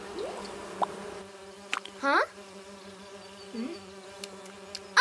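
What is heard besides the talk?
bees buzzing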